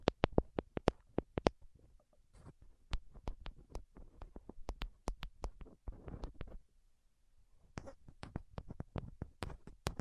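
Tapping plays out as sharp, separate clicks, quick runs alternating with pauses of softer scratching and rustling. The taps are crisp and bright with a dull low thud under each one. They come in bursts, sparser near two and seven seconds and denser elsewhere.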